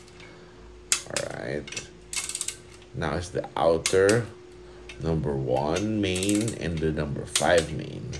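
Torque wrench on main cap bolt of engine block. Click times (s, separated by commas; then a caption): 0.9 s. A click-type torque wrench tightens a main cap bolt on an aluminum B16 engine block to 18 ft-lb, giving one sharp click at 0.9 s, followed by a quick run of light ticks around 2.3–2.5 s. Someone talks through the rest of the clip.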